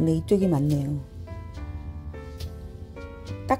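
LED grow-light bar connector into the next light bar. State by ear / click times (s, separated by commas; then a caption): seated / 3.5 s. Two Samsung bar-type LED grow-light units are joined end to end, with the male plastic connector of one pushed into the female connector of the next. Someone talks over background music, and a sharp snap sounds at 3.5 s as the connector seats.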